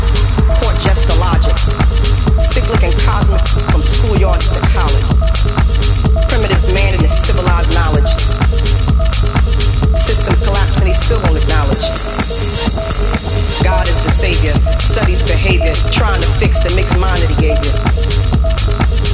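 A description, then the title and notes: A late night party heard as a dense, constant wall of sound: a steady low thump and sustained tones beneath a crowd of overlapping voices and chatter. Frequent sharp clicks and knocks run throughout, and the mix thins briefly around twelve seconds before filling back in. The sounds of a secret late night party. Recorded somewhere in California.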